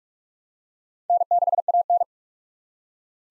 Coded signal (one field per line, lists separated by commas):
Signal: Morse code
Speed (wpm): 48 wpm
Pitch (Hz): 700 Hz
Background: none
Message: N6AN